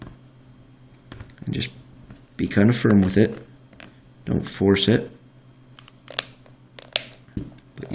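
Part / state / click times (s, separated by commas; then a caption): plastic back cover pins into a smartphone body / seated / 6.2 s, 7.0 s. A plastic back cover is pressed firmly onto an LG Optimus G Sprint smartphone body while someone talks. Its pins snap back into place one after another around the edge, with sharp clicks at 6.2 and 7.0 seconds, and the cover is seated.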